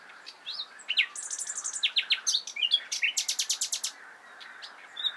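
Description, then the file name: Common nightingale song: varied whistles and slurred notes, then fast series of repeated rapid clicks and loud piping notes, delivered in one rich, energetic phrase. "Luscinia megarhynchos"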